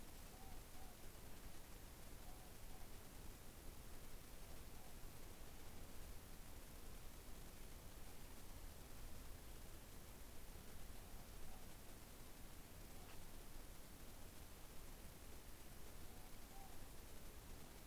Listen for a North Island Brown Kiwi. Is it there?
no